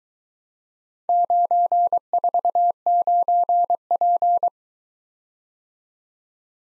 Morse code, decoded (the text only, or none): 949P